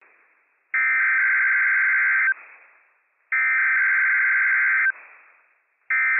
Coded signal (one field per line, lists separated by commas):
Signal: Emergency Alert System (SAME) tones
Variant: header bursts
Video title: WWF56 Required Weekly Test from NWS Pendleton, Oregon - *EAS #273* - 11:29 AM PDT 9/28/22